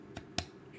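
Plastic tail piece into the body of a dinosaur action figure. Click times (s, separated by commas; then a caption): 0.4 s. The plastic tail of a Jurassic World Camp Cretaceous Dino Escape Roar Attack Ankylosaurus 'Bumpy' action figure, which had fallen out because it was not clicked fully in, is pushed back into the body socket. A soft tick at 0.2 s is followed by a sharp snap at 0.4 s as the tail seats back in.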